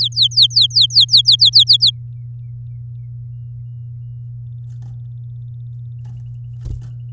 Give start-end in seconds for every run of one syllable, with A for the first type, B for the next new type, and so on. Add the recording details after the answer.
0.01-1.64 A, 1.67-1.91 B. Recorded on 9 May 2018 at 11:33. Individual llb16